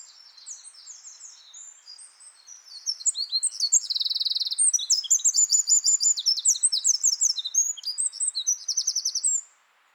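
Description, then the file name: Eurasian wren song, soft high notes building into a loud, long run of rapid trills and metallic chips that stops abruptly near the end. "Troglodytes troglodytes"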